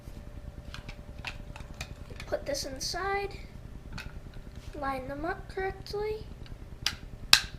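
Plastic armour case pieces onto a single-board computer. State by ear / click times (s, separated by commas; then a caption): seated / 7.3 s. In a kit computer build, plastic armour case pieces are slid together around a single-board computer and its memory card while someone talks. After small handling taps, a sharp, loud click at 7.3 seconds shows the pieces have clicked together and seated.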